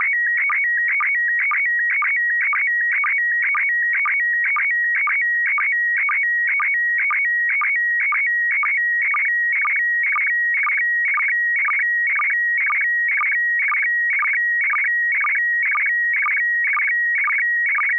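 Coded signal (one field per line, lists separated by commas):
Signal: SSTV (slow-scan television)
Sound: steady warbling electronic tones near 2 kHz, with a short low blip about twice a second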